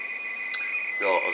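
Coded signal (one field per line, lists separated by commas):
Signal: RTTY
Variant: 450 Hz shift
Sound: rapid warbling between two close high tones, with a man's voice joining at the end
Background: male speech, radio static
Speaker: Jetzt kommen auch schon Wetterdaten. Ja, also das mit dem RTTY Wetterfernschreiben, das funktioniert gut.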